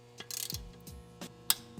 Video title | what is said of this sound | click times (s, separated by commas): Mounting our R35 Rambler Forged Beadlock - Unboxing & Tips | So just keep turning till you hear that click. | 1.5 s